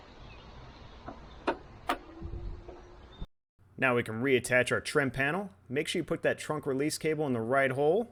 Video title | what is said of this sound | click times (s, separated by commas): How to Replace a Deck Lid Panel for S550 Mustang (2015-2023). | and then we're we're going to install our screw covers these snap back in no tools required | 1.5 s, 1.9 s